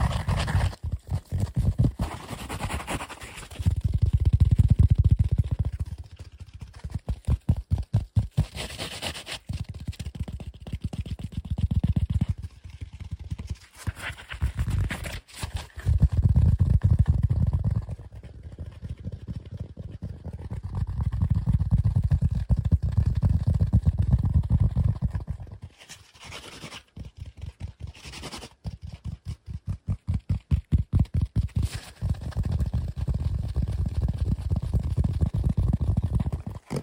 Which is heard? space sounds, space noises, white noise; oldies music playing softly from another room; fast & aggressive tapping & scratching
fast & aggressive tapping & scratching